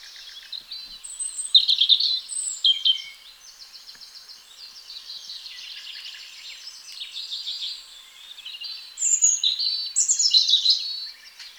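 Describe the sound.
European robin delivering rich, changeable warbled phrases, clear strong passages early and late around a softer, thinner middle section.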